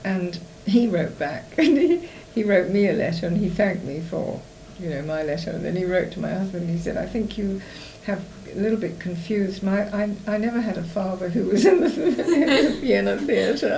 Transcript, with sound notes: And, he wrote back [laughs] and he wrote me a letter and he thanked me for, you know, my letter and then he wrote to my husband and he said, "I think you have a little bit confused, I never had a father who was in the [laughs] Vienna Theatre!"